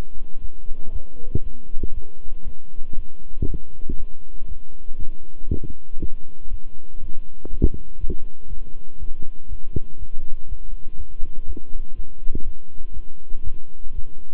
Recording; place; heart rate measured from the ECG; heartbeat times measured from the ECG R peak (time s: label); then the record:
heart sounds by stethoscope; between the tricuspid and mitral areas; 120 bpm
0.40 s: heartbeat
0.91 s: heartbeat
1.42 s: heartbeat
1.92 s: heartbeat
2.43 s: heartbeat
2.94 s: heartbeat
3.45 s: heartbeat
3.96 s: heartbeat
4.47 s: heartbeat
4.97 s: heartbeat
5.48 s: heartbeat
5.98 s: heartbeat
6.49 s: heartbeat
6.99 s: heartbeat
7.49 s: heartbeat
7.98 s: heartbeat
8.48 s: heartbeat
8.98 s: heartbeat
9.48 s: heartbeat
9.97 s: heartbeat
10.47 s: heartbeat
10.96 s: heartbeat
11.45 s: heartbeat
11.94 s: heartbeat
12.43 s: heartbeat
12.92 s: heartbeat
13.42 s: heartbeat
13.93 s: heartbeat
From the record:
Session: walking at 3.7 km/h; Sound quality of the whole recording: good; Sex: male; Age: 26 years